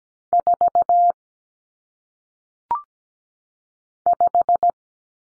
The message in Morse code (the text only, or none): 4 5